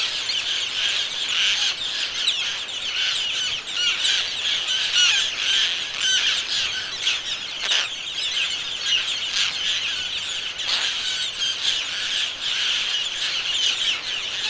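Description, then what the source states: Roseate tern calls, a dense chorus of harsh, raspy, overlapping cries running continuously throughout, with occasional louder sharp notes standing out. General vocalizations of a seabird.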